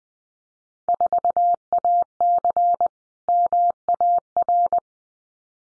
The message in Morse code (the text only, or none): 4AC MAR